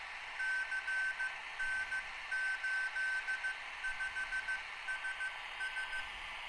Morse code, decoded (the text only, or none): CN85SS